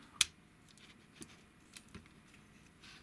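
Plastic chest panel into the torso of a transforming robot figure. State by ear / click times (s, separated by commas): seated / 0.2 s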